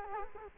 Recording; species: mosquito wingbeat signal from an infrared sensor; Culex quinquefasciatus